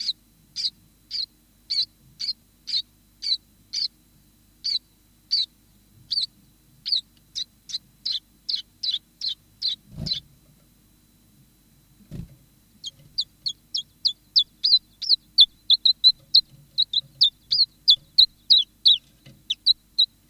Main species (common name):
Common Chiffchaff